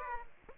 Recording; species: mosquito wingbeat signal from an infrared sensor; Aedes aegypti